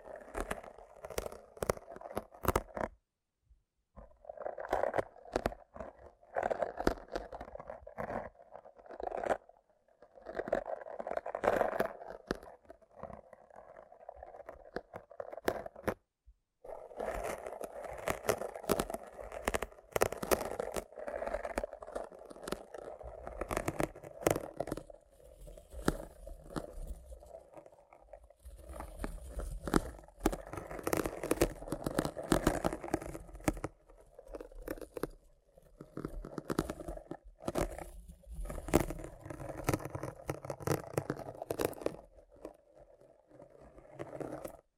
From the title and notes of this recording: ASMR Rough Brain Cleaning and Picking (No Talking).